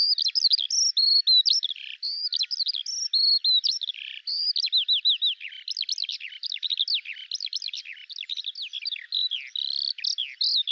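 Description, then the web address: Bird singing a long, hurried warble of high twittering notes, buzzy trills and brief whistles that never pauses. "Deverinetal 2025 File cleaned normalized Bird Al Ar"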